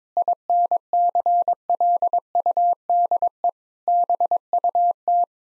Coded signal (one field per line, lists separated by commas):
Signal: Morse code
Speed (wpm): 22 wpm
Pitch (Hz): 700 Hz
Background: none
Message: INCLUDE BUT